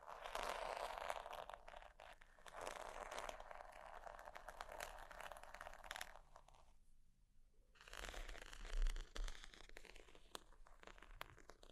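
Sheets scratch and rustle in dense, bright crinkling bursts, fading near seven seconds to a brief silence, then resuming with a few low taps.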